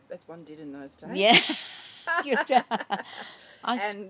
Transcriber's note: laughs